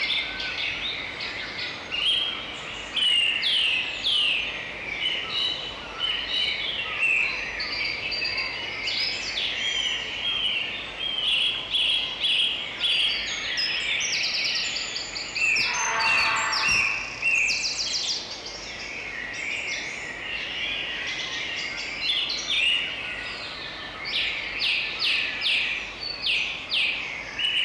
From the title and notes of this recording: Dawn Chorus - Llanishen Brook - Cardiff - Wales. 4am-ish - 24bit - 48K by Ambisonix.